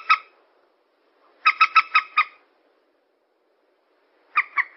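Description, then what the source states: Yellow-vented bulbul chatter: rapid clusters of buzzy, stacked notes separated by quiet gaps. Bird lure recording.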